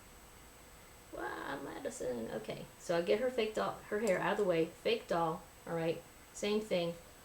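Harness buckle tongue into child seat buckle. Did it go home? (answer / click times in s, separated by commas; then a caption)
no / none. A harness buckle tongue is being handled toward a child seat buckle on a doll, after its hair is moved out of the way, while someone talks throughout. This buckle needs a harder pull and gives a really loud click, but nothing has seated or clicked yet.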